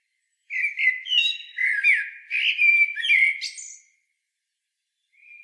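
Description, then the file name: Eurasian blackbird giving a mellow fluty warbled phrase with chattering high notes, followed after a pause by the soft start of another whistle. "Turdus merula"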